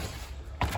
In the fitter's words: on the back side of your door you just got the little t-latch just hooks in locks it into place